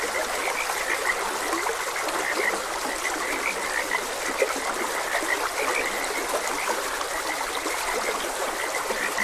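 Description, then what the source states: Chorus of frogs giving quick overlapping croaks and chirps, continuous and fairly even, mixed with steady running water. Frogs croaking beside a gentle stream.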